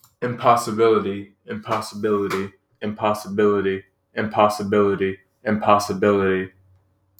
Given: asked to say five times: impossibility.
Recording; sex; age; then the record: repeated word; male; 20 to 29 years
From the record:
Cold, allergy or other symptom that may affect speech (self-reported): no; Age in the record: 21 years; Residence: Florida, United States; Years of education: 16